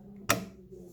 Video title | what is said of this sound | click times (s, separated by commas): Tygot gorrila tripod review | that noise tells you that your phone's not gonna go anywhere then you | 0.3 s